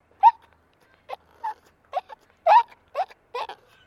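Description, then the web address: Maltese terrier giving short, thin whimpering whines, several brief tonal cries with quiet gaps between them. Small dog in a distressed state, giving a distressed whine. "Sound Effects-Foundation 2 DOG MALTESE TERRIER DISTRESSED WHINE"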